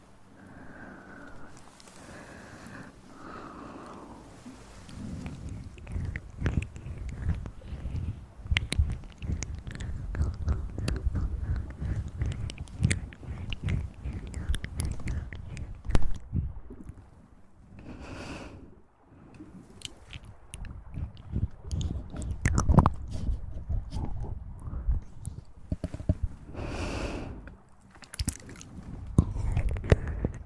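Wet mouth sounds and chewing-like clicks crowd together throughout, with soft breaths and brief louder bursts near 16, 23 and 27 seconds.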